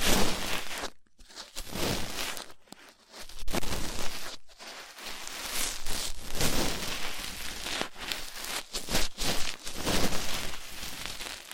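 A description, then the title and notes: Rough ear cleaning: dense, crackly scraping and rustling fills the clip, bright and gritty from low to high. It comes in uneven bursts with short silent gaps near one, three and four and a half seconds, then continues in choppy strokes to the end. ASMR Rough Ear Cleaning (No Talking).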